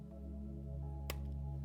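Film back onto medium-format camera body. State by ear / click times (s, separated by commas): seated / 1.1 s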